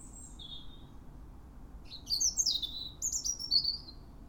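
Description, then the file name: European robin singing: faint thin high notes, then after two seconds a run of rapid, sliding, twittering high phrases over a steady low background hum. "Erithacus rubecula"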